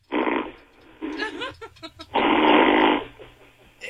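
An adult sleeper snoring in loud, buzzing bursts with pauses between them, a snore that sounds like someone farting or like wind.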